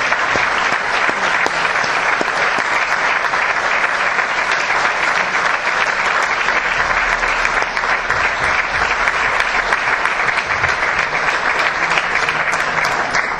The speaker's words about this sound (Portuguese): bombeiros voluntários de Oliveira do Hospital, de Lagares da Beira, para os tapadores, para a GNR e para todos aqueles que arriscaram a sua vida na defesa das pessoas e bem, que peço uma grande salva de palmas, porque eles serão os autênticos heróis.